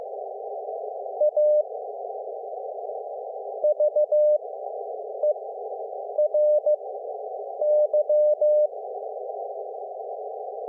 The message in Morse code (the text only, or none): AVERY